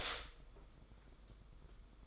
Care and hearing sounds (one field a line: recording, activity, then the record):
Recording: daily activity, microphone in the room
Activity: stop toaster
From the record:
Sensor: 5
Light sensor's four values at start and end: 41/125/48/51 and 41/125/48/51